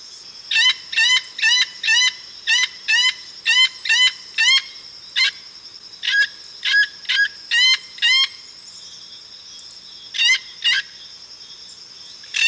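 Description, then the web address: Plate-billed mountain toucan calling quick nasal notes in rapid runs, pausing between bursts, with a steady high-pitched insect drone behind. Ecuador. "Birds of Ecuador. Plate-billed Mountain-Toucan"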